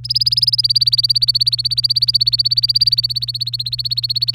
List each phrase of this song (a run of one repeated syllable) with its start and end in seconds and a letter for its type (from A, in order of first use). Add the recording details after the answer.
0.04-4.34 A. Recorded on 24 April 2018 at 18:16. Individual llb3